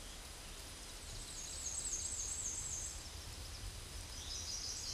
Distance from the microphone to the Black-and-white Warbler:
about 30 m